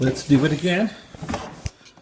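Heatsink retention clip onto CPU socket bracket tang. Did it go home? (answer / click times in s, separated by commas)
yes / 1.7 s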